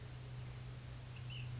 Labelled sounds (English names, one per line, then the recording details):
Ash-throated Flycatcher
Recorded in Sonoma County, California